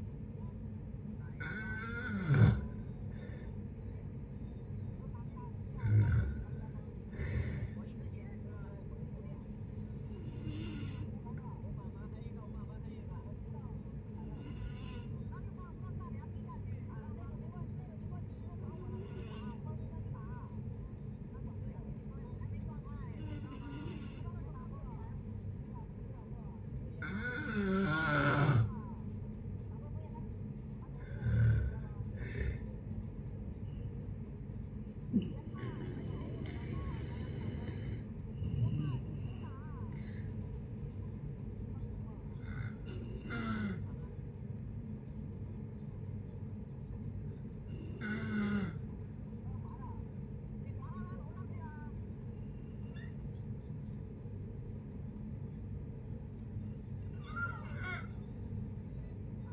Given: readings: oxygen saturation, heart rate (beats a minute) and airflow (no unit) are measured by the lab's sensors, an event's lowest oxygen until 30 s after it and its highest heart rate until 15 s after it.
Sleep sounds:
a person awake in a sleep study, by a smartphone at the bedside; none
0.00-59.53 s: awake
0.00-59.53 s: awake
From the record:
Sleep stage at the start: awake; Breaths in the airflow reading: 21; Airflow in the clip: -0.7 to 0.7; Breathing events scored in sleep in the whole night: 496 in 5.4 hours asleep

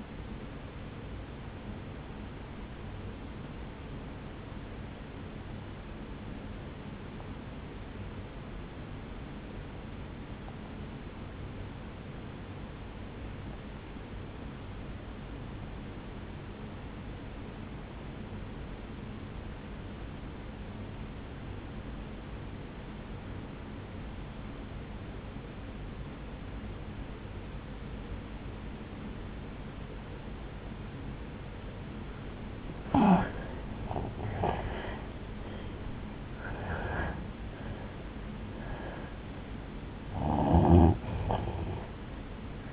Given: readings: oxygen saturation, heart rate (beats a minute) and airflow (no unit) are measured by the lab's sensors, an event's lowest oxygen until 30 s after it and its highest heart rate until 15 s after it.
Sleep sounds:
breathing in sleep by a voice recorder at the bedside; 1
3.00-33.10 s: obstructive apnea (N1, oxygen 97% highest, then 80% lowest, heart rate 55 at the start, 78 highest)
6.00-42.73 s: new sleep stage, N2 (light sleep)
From the record:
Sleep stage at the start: N1 (lightest sleep); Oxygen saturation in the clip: 82 to 97%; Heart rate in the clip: 50 to 78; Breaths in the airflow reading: 4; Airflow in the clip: -11.7 to 9.3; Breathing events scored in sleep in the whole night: 449 in 7.0 hours asleep

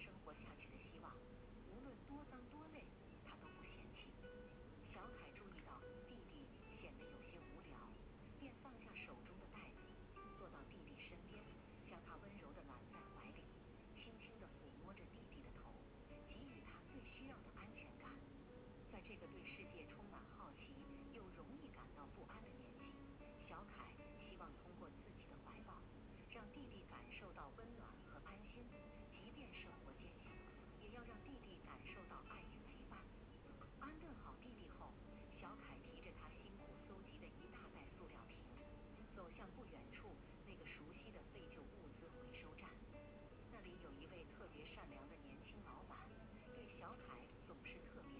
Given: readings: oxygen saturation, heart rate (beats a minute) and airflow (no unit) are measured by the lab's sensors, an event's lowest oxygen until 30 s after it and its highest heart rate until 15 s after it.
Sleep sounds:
a person awake in a sleep study, by a voice recorder at the bedside; none
0.00-48.20 s: awake
From the record:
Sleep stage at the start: awake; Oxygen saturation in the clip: 95 to 96%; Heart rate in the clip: 71 to 75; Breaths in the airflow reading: 12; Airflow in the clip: -3.0 to 4.0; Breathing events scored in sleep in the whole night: 131 in 7.2 hours asleep

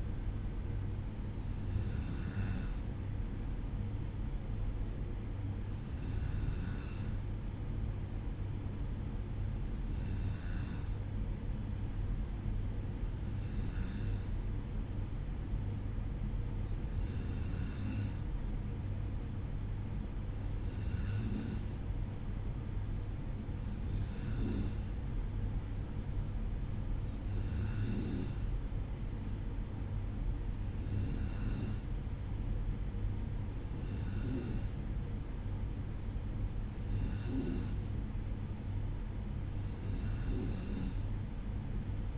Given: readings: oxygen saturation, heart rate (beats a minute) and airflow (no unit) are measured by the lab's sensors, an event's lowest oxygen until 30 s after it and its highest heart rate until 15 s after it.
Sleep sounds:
breathing in sleep by a smartphone at the bedside; none
none scored
From the record:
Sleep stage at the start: N2 (light sleep); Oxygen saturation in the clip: 94%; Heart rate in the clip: 53 to 57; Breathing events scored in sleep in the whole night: 305 in 9.6 hours asleep

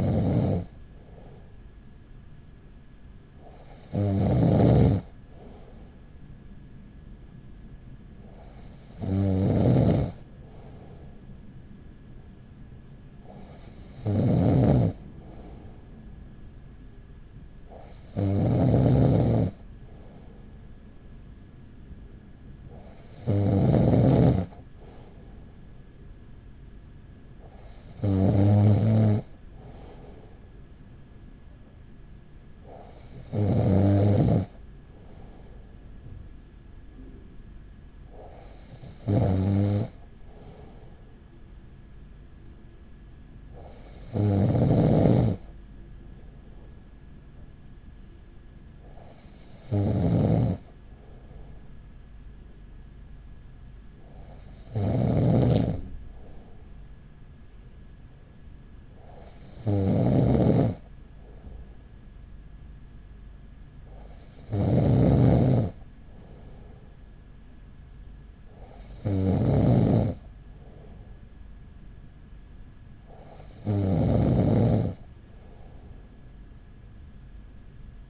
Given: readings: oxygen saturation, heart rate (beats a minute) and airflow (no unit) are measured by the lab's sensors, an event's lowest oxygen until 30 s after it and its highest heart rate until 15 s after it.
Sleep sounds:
breathing in sleep by a smartphone at the bedside; none
none scored
From the record:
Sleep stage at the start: N2 (light sleep); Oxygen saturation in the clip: 95%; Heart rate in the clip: 40 to 44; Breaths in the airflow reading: 16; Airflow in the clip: -5.2 to 4.5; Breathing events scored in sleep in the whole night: 207 in 7.6 hours asleep

